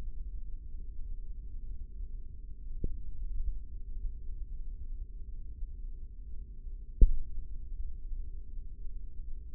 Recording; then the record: forearm muscle sounds (acoustic myography)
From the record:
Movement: tripod grip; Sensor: system 3, bracelet of six PUI Audio POM-2738L microphones around the upper forearm, with dedicated amplification and filtering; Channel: 3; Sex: male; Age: 55 years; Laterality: right